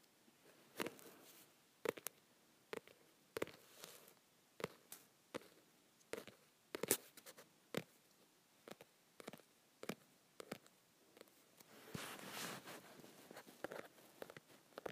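Fingers tap on softcover books in short, dry knocks, spaced irregularly about once or twice a second, some louder and sharper than others. Around twelve seconds a brief rustling, scuffing passage fills the gap before the scattered taps resume.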